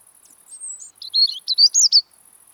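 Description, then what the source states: European robin song: a short burst of thin, high, tumbling warbled notes, with a steady high insect-like hiss running through the background. Robin singing in autumn, when it resumes song as northern migrants arrive.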